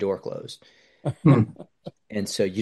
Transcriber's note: laughs